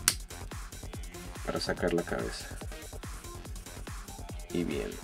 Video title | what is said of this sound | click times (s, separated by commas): Airachnid Transformers Prime RID deluxe revisión / review en español | esta manera hasta escuchar un click para | 0.1 s